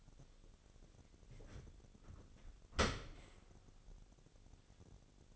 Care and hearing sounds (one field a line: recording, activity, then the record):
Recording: daily activity, microphone in the room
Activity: open dishwasher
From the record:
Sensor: 4